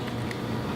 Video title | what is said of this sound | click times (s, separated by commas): M 100 Mobile Water System - Pumps and Filters | and we're locked into place. | 0.3 s